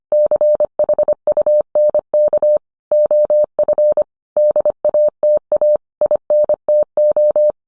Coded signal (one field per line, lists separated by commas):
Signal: Morse code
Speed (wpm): 25 wpm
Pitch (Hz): 600 Hz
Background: none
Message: CHUNK OF DATA INTO